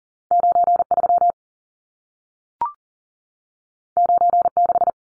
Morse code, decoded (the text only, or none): 93 96